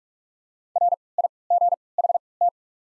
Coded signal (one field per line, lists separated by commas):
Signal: Morse code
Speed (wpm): 47 wpm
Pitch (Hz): 700 Hz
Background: none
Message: R I G H T